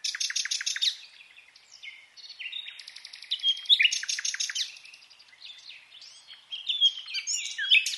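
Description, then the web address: Common nightingale singing bursts of rapid repeated notes between softer buzzy and whistled phrases. "SETE Luscinia megarhynchos"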